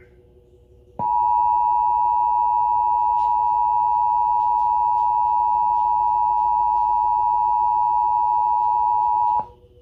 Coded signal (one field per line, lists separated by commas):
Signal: Emergency Alert System (SAME) tones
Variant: 853 and 960 Hz attention tone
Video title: National Emergency Alert System Test (November 9, 2011)